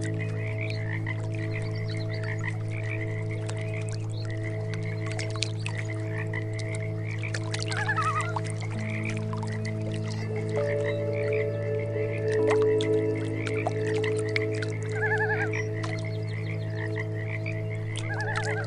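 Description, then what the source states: Frogs croaking in a steady, rapid chorus of short pulses over sustained meditation music chords. Mixed with meditation music.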